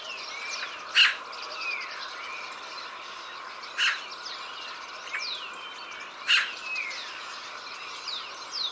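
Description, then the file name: Eurasian magpie uttering short, noisy chak notes at irregular gaps of two to three seconds, with a fainter one at the end, while other small birds whistle and twitter behind. "Pica pica"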